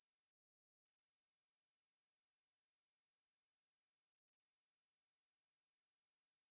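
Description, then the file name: Common kingfisher calling with piercing, thin whistles: one at the start, another about four seconds later, then a quick pair near the end. Recorded 22 July 2022 at Eura. "Alcedo atthis Eura 220722"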